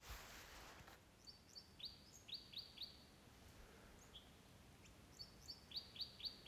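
Bird giving quick high chirps in short bursts, several per second, over steady hiss and a brief burst of noise at the start.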